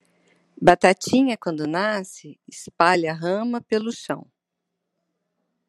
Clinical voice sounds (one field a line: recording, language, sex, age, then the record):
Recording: short text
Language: Brazilian Portuguese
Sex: female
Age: 50 to 59 years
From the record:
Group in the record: control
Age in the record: 58 years